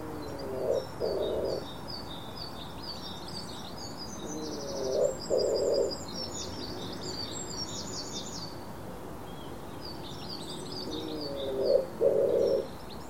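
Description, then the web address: Bird calls: short low notes in pairs recurring every few seconds, with high chirping twitters over steady background noise. "Bird Only"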